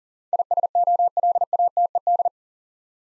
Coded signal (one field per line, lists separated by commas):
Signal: Morse code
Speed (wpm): 41 wpm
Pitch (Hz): 700 Hz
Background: none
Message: ISOLATED